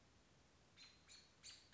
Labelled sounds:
American Robin
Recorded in Sonoma County, California

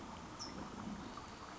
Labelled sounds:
California Towhee
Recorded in Sonoma County, California

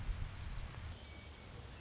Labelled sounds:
Orange-crowned Warbler
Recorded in Sonoma County, California

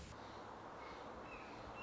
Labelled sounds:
Red-shouldered Hawk
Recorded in Sonoma County, California

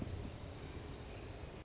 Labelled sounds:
Orange-crowned Warbler
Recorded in Sonoma County, California

